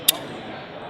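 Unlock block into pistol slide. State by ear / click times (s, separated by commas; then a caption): seated / 0.1 s. During reassembly of a Bond Arms BullPup pistol, the metal unlock block is set flat end against the top of the slide and pressed in. A single sharp, bright metallic snap sounds at 0.1 s over steady low background noise, and the block seats in the slide.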